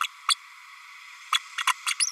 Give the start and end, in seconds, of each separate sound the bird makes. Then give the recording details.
0.01-0.07, 0.28-0.36, 1.32-1.39, 1.58-1.63, 1.67-1.73, 1.86-1.94, 2.00-2.07. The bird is a female. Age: 32 days. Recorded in a nest box in Venezuela. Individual 17B32A5